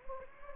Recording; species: mosquito wingbeat signal from an infrared sensor; Anopheles gambiae